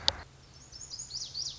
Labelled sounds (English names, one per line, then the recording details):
Lazuli Bunting
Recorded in Sonoma County, California